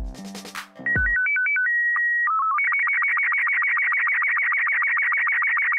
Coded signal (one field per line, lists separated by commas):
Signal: SSTV (slow-scan television)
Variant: Robot 36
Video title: SSTV: Rookie Ham Operator's Guide to Slow Scan Television - Using Robot 36 With or Without a Radio!